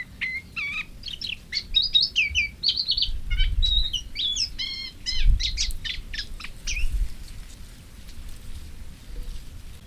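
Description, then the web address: Moustached warbler delivering a rapid, rich jumble of whistles, trills and chattering notes for several seconds, then falling quiet. "Madardalok Fülemülesitke"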